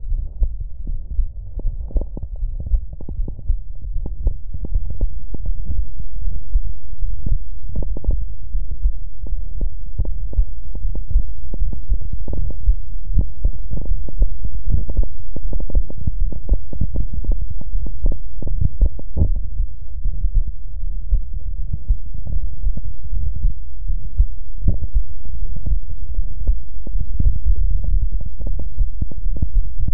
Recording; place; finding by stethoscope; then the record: heart sounds by stethoscope; mitral valve (MV); mitral regurgitation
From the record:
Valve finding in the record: mitral regurgitation, grade 3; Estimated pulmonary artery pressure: 50 mmHg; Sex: female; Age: 68 years